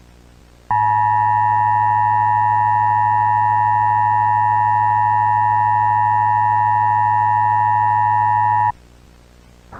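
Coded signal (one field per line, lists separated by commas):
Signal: Emergency Alert System (SAME) tones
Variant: 853 and 960 Hz attention tone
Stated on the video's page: Fictional EAS scenario containing valid SAME Emergency Alert System tones.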